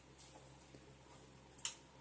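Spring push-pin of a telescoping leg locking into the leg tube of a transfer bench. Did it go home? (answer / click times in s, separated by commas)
yes / 1.7 s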